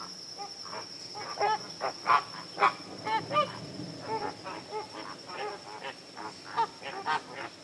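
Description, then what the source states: Flamingos honking, nasal goose-like calls, irregular, roughly two per second, over a steady high whine. Wetland setting.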